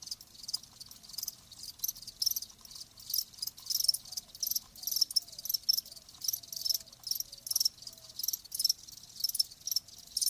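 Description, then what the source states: Crickets chirping in a high trill broken into repeated short pulsing bursts, with a faint low hum beneath. Live crickets chirping.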